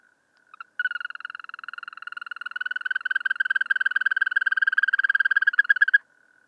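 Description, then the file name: European green toad calling with a sustained, rapidly pulsed trill lasting around five seconds, swelling in volume toward the end, preceded by a couple of short notes. "Wechselkröte"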